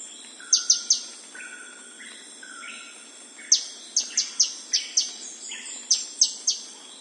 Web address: blue naped sunbird call